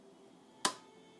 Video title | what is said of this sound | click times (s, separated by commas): How fletch an arrow | hear that one click | 0.6 s